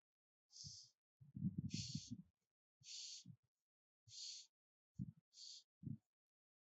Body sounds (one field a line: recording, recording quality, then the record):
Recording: shallow breathing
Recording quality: excellent, no background noise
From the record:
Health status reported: healthy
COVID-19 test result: negative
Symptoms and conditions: none ticked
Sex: female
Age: 26 years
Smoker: not ticked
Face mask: not worn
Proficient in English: yes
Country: India